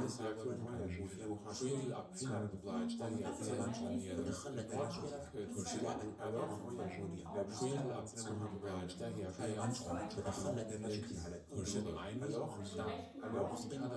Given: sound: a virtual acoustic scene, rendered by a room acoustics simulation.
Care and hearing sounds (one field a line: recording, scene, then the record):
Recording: noise of the scene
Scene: living room, symmetric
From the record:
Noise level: 70 dB SPL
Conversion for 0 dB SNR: 6.9 dB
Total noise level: 76.9 dB SPL